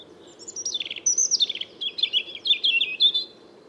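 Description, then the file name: European robin song: a fast, rippling run of high trills and warbled notes, rising and falling, over a faint low hum. "Erithacus rubecula"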